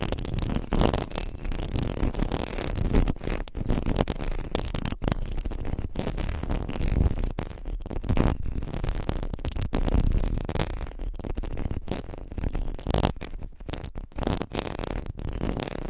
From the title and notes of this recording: Mic Scratching Battle with 100 Different MICS ! Bare VS Foam VS Fluffy Covers. No Talking.